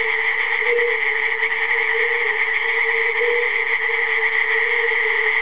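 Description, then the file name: Frogs calling together in a constant chorus, a steady drone with a lower band and a louder higher band. "zabi koncert"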